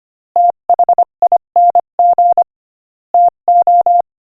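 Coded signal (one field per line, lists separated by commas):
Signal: Morse code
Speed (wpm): 24 wpm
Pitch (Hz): 700 Hz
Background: none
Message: THING TO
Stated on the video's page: Morse code practice at 25 wpm, sending a joke.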